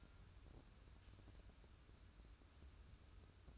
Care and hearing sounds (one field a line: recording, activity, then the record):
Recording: daily activity, microphone in the room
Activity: take from stove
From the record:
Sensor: 2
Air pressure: 994.3 hPa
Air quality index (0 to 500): 215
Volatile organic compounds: 1000 ppm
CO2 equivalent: 7128 ppm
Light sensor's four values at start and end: 136/325/137/142 and 136/325/137/142